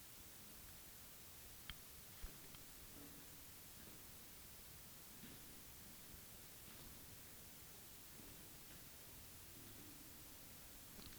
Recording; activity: daily activity, guitar pickup as the sensor; go downstairs